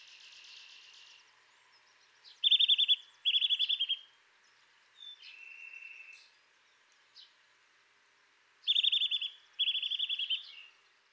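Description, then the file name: Eurasian nuthatch uttering two pairs of fast repeated piping note runs, with softer chirps and faint background hiss between them. "Sitta europaea"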